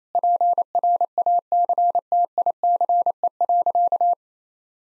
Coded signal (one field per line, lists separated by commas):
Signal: Morse code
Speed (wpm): 28 wpm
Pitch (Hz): 700 Hz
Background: none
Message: PRACTICE.